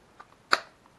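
After being pressed again, one half of a plastic reel housing snaps into the other half with a single loud, sharp, hollow click at 0.5 s. A few faint ticks come before and after it. The housing is seated.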